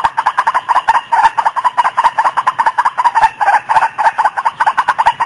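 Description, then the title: White-breasted waterhen call series: dense, fast, rhythmic croaking notes repeated several times a second without pause, harsh and somewhat nasal throughout. Female. "Master Burung Jos. Suara Burung Ruak Ruak (suara betina)"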